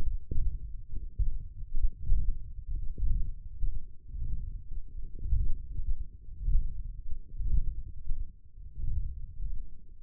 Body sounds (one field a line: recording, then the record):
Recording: forearm muscle sounds (acoustic myography)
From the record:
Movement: ulnar deviation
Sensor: system 1, eight BSWA MPA416 microphones around the upper forearm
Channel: 7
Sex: male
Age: 21 years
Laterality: right